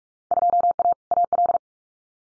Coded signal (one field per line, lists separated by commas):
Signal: Morse code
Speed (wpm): 46 wpm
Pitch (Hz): 700 Hz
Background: none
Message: 2A AL